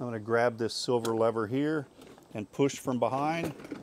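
Someone talks while handling the upper section of a plastic and metal rolling toolbox, gripping the silver lever from behind to push it onto its base. One foot rests on the base's foot rest to hold it in place. The sections are being moved toward each other to latch, but nothing has latched or seated yet.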